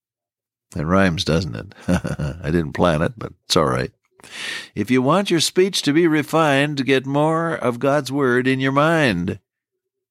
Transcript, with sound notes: That rhymes, doesn’t it? [chuckle] I didn’t plan it, but it’s all right. If you want your speech to be refined, get more of God’s Word in your mind.